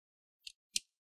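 A guitar pick is worked along the front edge between the plastic top case and the bottom cover of an HP Pavilion Gaming 15 Ec0002 laptop. Two short, bright snap clicks are heard at 0.5 s and 0.8 s, the second louder. Each click is a snap clip popping loose, so the bottom cover clips release from the top case one after another.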